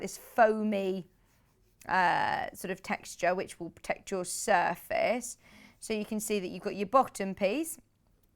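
Someone talks while handling a rotating cutting mat turntable, with its foamy-textured bottom piece that protects the surface and its middle piece that slots onto the base. Only speech is heard, with short pauses and no distinct clicks. Nothing has seated or clicked into place yet.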